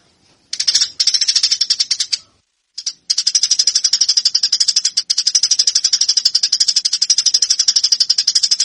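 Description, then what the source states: Eurasian tree sparrow with a steady stream of harsh, high chirps after a brief opening gap, broken by a short pause. Fighting call of the tree sparrow, used as a training recording for birds.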